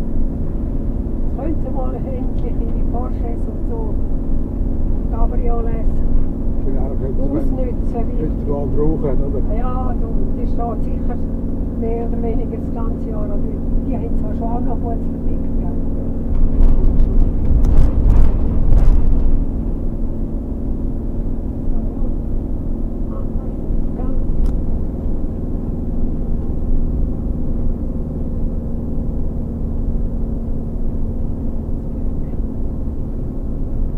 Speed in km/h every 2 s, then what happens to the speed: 44, 44, 44, 46, 44, 44, 46, 46, 46, 44, 44, 44, 42, 42, 42, 40, 40.
0-34 steady at about 44.